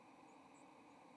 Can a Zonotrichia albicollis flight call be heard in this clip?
no